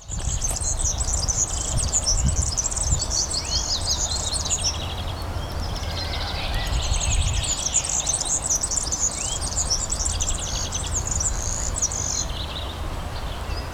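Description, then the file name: European serin song: very high, rapid, jingling buzzy trills in two long bursts, over a steady low rumbling background noise. Recorded at Ystad, Sweden, in 2012. "Gulhämpling Serinus serinus-Ystad-Sweden-2012"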